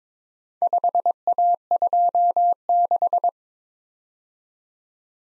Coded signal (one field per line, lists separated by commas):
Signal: Morse code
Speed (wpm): 22 wpm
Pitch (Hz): 700 Hz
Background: none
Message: 5A26